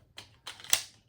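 A magazine is inserted into the grip of a striker-fired pistol, and it latches in the magazine well with a sharp click at 0.7 s. Two softer scraping sounds come before it as the magazine slides in, and the magazine is seated and will not come out without pressing the release.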